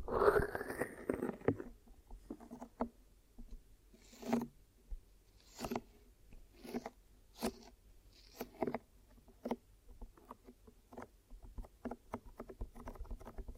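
Glue ear massage and cleaning: a loud rubbing rush fills the first second and a half, then gives way to scattered soft scrapes and brushing strokes. Short sticky clicks and rubs come irregularly, roughly once a second, over a quiet low murmur.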